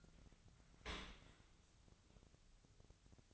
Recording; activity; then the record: daily activity, microphone in the room; open dishwasher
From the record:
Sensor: 3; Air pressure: 1003.0 hPa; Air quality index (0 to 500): 197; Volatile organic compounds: 6 ppm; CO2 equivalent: 1920 ppm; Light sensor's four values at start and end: 31/77/33/36 and 32/79/34/37